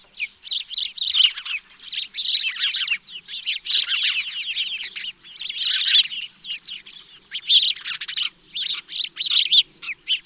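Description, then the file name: House sparrow giving dense runs of short, harsh, bright chirps with brief pauses between groups. "Passer domesticus"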